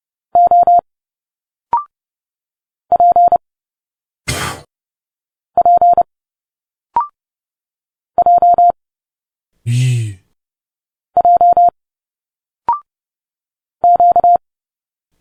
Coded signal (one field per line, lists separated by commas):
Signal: Morse code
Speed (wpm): 30 wpm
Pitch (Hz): 700 Hz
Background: none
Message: O P P J J Q